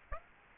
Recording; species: mosquito wingbeat signal from an infrared sensor; Aedes aegypti